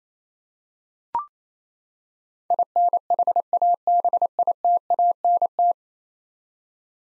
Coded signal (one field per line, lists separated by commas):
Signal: Morse code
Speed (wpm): 28 wpm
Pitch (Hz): 700 Hz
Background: none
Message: INHABITANT